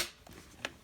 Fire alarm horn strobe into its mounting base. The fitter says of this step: heard that snapped right back in there